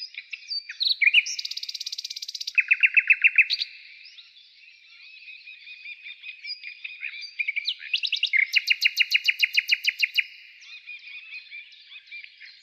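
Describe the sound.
Nightingale pouring out loud buzzy trills and rattles, with a soft interlude, then another long run of rapid pulsed notes.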